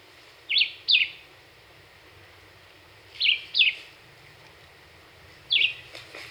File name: 2019-04-26 Black-whiskered Vireo 1 Min 27 Songs